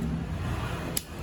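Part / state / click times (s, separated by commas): wiper blade onto wiper arm of a car / seated / 1.0 s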